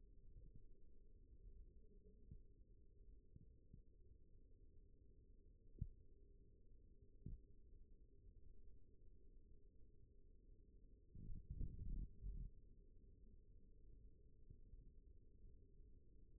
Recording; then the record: forearm muscle sounds (acoustic myography)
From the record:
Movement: rest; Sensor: system 1, eight BSWA MPA416 microphones around the upper forearm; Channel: 2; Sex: male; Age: 42 years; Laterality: right